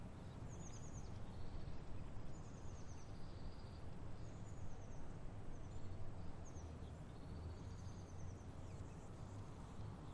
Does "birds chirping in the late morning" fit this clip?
yes